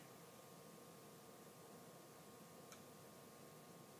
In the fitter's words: you hear it okay if you don't you're not click that means that it's not set on either one then